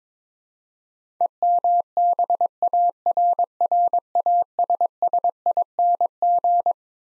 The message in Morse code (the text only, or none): EMBARRASSING